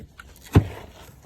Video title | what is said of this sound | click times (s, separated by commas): How to EASILY Change Reverse Lights in Less Than 10 Minutes (Audi A4) | Just like that, and you're gonna want to just give it a good push until you hear it pop in. | 0.6 s